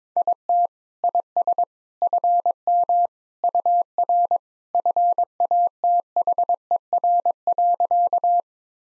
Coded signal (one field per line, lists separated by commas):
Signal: Morse code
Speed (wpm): 22 wpm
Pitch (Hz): 700 Hz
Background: none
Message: IT IS FM UR FATHER.